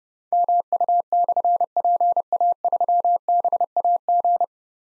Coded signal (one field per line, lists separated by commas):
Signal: Morse code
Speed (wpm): 30 wpm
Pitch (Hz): 700 Hz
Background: none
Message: MU/PA3BAG